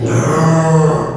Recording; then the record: squeal of a Yucatan mini pig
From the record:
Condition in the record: before surgery on the right vocal fold (resection and tissue-engineered implant); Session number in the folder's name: 2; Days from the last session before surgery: 0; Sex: male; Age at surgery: 12 weeks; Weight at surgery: 13 kg